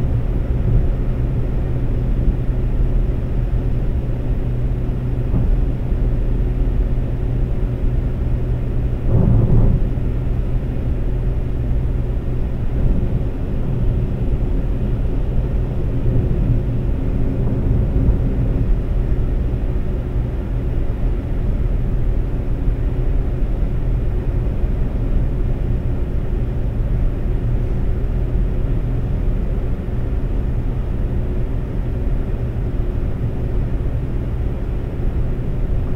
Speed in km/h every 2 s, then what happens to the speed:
132, 132, 132, 132, 132, 132, 132, 132, 132, 132, 132, 132, 132, 132, 132, 132, 132, 132.
0-36 steady at about 132.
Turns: none.